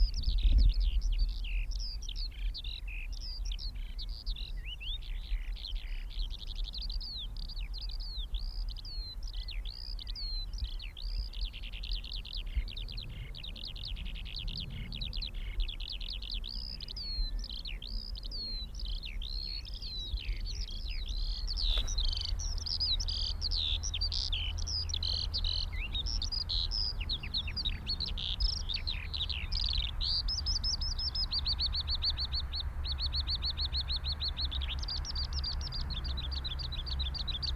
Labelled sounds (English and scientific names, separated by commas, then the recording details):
Eurasian Skylark (Alauda arvensis) song
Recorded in the wild
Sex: male
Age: adult
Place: Schönow, Naturpark Barnim, Brandenburg, DE
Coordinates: 52.68, 13.5147
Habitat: open landscape
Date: 2006-04-13 15:16
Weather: overcast, ca. 10°C
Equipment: Edirol R-4, Sennheiser MKH 70, Windkorb
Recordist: Frommolt, Karl-Heinz